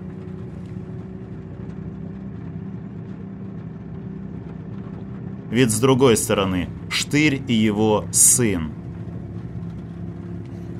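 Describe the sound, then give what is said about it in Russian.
The engine of a large motorboat carrying a minivan, with a boatman at the helm at the back, rumbles low and steady from start to finish, with a man's voice speaking briefly over the drone partway through. “Нам показывают, что минивэн стоит на большой моторной лодке.”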